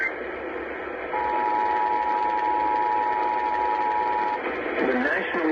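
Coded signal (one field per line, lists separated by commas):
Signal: Emergency Alert System (SAME) tones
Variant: 853 and 960 Hz attention tone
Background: speech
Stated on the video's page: Multiple alerts for parishes and counties in Arkansas, Louisiana and Texas from a new station.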